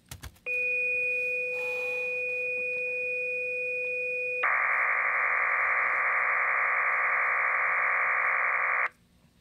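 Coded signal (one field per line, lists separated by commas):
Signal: MT63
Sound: two steady tones for four seconds, then a wide, even, rushing hiss for four seconds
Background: room noise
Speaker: now I'm going to click on that watch and listen to what happens [Music] now what it did if you can see up here in the top window you may have to zoom in a little on the video it sent my hello world and de a g6 AG K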